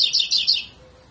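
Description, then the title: Double-collared seedeater song: a brief loud burst of several rapid bright whistled notes, then quiet. Tutor song used to train birds; 'tui tui fibra' song style. "COLEIRO TUI TUI FIBRA"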